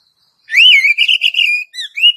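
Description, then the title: Oriental magpie-robin song, one loud whistled phrase with a wavering trill and a rising note at the end. "Kacer"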